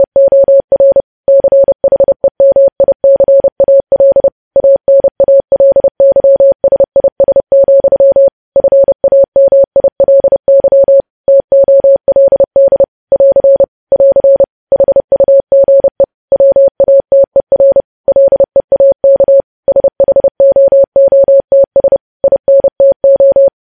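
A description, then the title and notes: Morse code sent as a steady, pure mid-pitched tone, switching on and off in quick dots and dashes. The keying runs continuously for the whole stretch, with brief gaps between letters and words and no other sounds behind it. Morse code.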